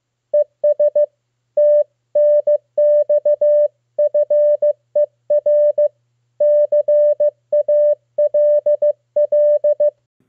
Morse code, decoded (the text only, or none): ES TNX FER CALL